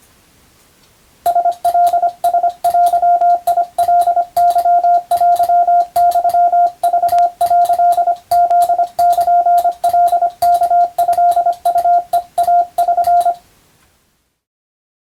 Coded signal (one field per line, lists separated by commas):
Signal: Morse code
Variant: Japanese Wabun code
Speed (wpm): 25 wpm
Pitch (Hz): 700 Hz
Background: radio noise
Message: ラカラデカケテユク」フルカワトウヘイ<SN>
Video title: プロのモールス実技の練習風景！令和の時代でも国家資格無線通信士としてのモールスの試験があります。アマチュア無線の受信練習にどうぞ(morse code practice radio operator）